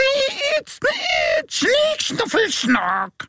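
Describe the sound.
A voice imitates conjoined twins snoring with a run of drawn-out, groaning vocal snores in several loud bursts separated by short gaps, the pitch swooping up and down, as if two sleepers alternate.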